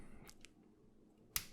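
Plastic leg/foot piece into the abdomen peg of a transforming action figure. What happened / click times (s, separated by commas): The plastic part clicked into place / 1.4 s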